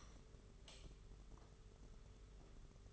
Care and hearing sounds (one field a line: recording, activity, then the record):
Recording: daily activity, microphone in the room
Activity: light on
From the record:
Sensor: 4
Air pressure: 991.8 hPa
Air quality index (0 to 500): 97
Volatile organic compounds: 11 ppm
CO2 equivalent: 2272 ppm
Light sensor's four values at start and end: 7/15/6/6 and 9/25/9/11